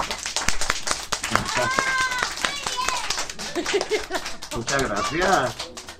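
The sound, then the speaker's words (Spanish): An audience claps steadily for several seconds after a sung performance, a dense, continuous patter of many hands, with excited voices calling out and cheering over it, growing livelier toward the end. “¡Vamos a dar un aplauso!”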